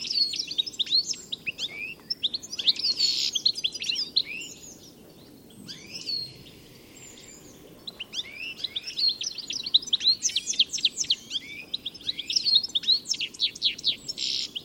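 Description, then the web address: Birds calling in two busy bursts of high chirps and trills separated by a quieter stretch, with soft steady noise underneath. "Deverinetal. Bird Only"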